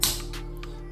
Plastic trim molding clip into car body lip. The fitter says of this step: it just snaps into place just like so and as you move you're going to want to adjust